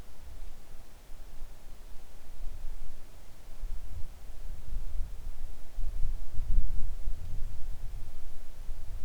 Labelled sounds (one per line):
near silence